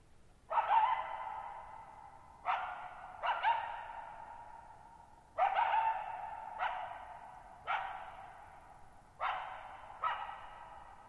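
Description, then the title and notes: Coyote barking repeatedly, single and paired sharp barks every one to two seconds, each trailing into a long, rolling echo over near silence. Lone coyote at night, July 14, 2019, Thirtymile Meadows, Okanogan National Forest (Okanogan High Country), Pacific Northwest, 6400 ft; high, mostly dry plateau among tall mountains; shallow bowl-shaped meadows over boggy ground. "Lone Coyote at Thirtymile Meadows. I spent the night of July 14, 2019, camped near Thirtymile Meadows in the Okanogan National Forest at 6400 ft (1950 m)"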